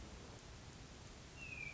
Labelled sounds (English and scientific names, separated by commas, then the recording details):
Hermit Thrush (Catharus guttatus)
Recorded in Sonoma County, California